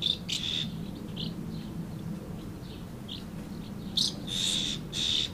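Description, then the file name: Swallows calling with a few sharp high chirps, then a quiet stretch, and a fresh burst of loud twittering notes near the end. Several swallows, Amblagnieu, 2 July 2017, recorded with an MZ-N710 recorder. "MZ-N 710 Hirondelles Amblagnieu 2 07 17"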